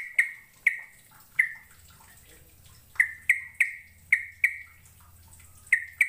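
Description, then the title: Bird chirps: clear, piercing single notes spaced irregularly, sometimes in quick pairs, with a faint low hum beneath. "Kicau Burung"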